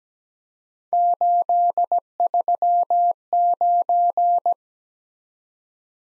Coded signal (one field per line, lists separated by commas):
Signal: Morse code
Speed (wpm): 17 wpm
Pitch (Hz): 700 Hz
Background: none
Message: 839